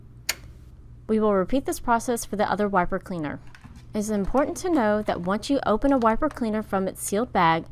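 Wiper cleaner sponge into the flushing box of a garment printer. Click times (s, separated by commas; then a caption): 0.3 s. A wiper cleaner sponge on a Brother GTX garment printer is seated in the flushing box: its shafts go into the notch arms, and it is folded to the left and pushed down until it locks. A sharp click at 0.3 s marks the wiper locking into place, and then someone talks.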